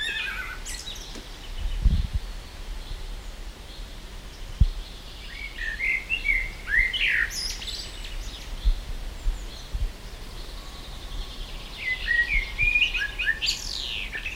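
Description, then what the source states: Thrush giving odd squeaky, slurred notes in two short bursts midway and near the end, over low background noise. Odd whinnying call, characteristic of a new species; recorded 24 June 2021 in Vihti, Finland.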